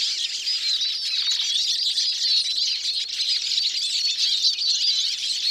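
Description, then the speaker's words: Eurasian siskins in chorus: a dense, continuous mass of high twittering and wheezy notes from many birds, with no pauses. Community singing by huge flocks gathering on cold, clear late-winter mornings in northern forests, Border Forest, Britain. "But by far the most impressive sound from the siskin occurs on cold, clear mornings in late winter, when huge flocks gather and, like the common crossbill, indulge in community singing."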